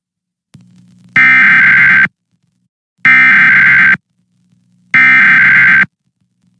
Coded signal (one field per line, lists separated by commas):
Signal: Emergency Alert System (SAME) tones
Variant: header bursts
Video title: Orange County Required Monthly Test 10/4/21 EAS (#512-518)